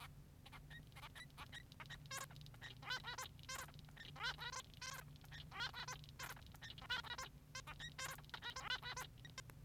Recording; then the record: song of a male Bengalese finch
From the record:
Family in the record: son of father 3